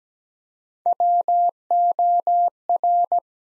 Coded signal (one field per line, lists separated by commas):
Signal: Morse code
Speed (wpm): 17 wpm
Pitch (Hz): 700 Hz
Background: none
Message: WOR